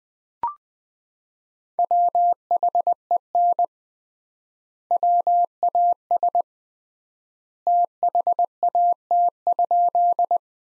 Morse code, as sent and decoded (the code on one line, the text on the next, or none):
.-- .... . -. / .-- .- ... / - .... .- - ..--..
WHEN WAS THAT?